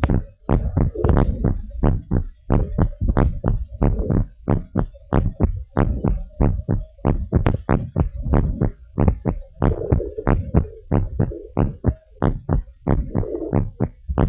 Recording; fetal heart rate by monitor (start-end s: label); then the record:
heart sounds of a pregnant woman by stethoscope
no fetal heartbeat
From the record:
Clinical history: monitored after previous abortions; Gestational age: 35 weeks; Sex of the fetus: girl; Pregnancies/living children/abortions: 4/1/2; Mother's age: 36 years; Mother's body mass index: 30.9